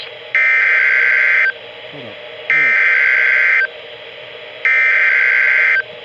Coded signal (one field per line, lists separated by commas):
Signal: Emergency Alert System (SAME) tones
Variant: header bursts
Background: speech